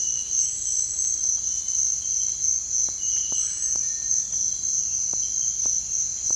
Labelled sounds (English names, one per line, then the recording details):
none
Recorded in dense forest near Puerto Asís, Putumayo, Colombia, on 21 December 2024 at 06:30
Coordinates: 0.468, -76.322
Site G071